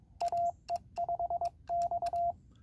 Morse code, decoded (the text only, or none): AE5X